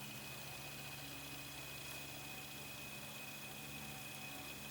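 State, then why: Not seated. The second headlight lens is being press-fitted by hand into the light housing on the other side of the front section of a FanHome Gone in 60 Seconds Eleanor scale model car. Only a steady low hum with faint tonal lines is heard, with no distinct transients. The lens has not seated or clicked yet.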